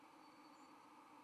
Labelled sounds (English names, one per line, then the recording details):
White-throated Sparrow flight call
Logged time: 07:03 on 31 October 2014